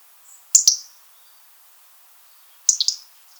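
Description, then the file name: European robin giving two bursts of high, sharp ticking call notes about two seconds apart, otherwise quiet. "Erithacus rubecula"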